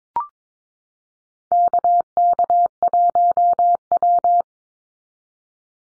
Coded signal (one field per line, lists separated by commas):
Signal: Morse code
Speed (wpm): 22 wpm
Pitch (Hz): 700 Hz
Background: none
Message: KK1W